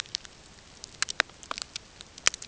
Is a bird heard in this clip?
no